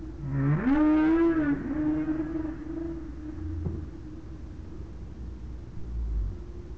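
Whale moan, one call sweeping upward and then leveling into a long steady tone that fades slowly.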